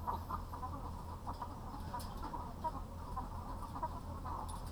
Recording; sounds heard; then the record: poultry house recording; sick chickens (respiratory disease)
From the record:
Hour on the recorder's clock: 0